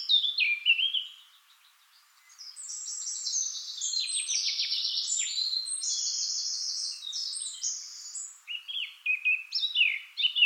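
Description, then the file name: Eurasian blackcap giving a rapid, varied warble of high chirps and trills, briefly falling silent around two seconds, then continuing in dense bursts. "Sylvia atricapilla"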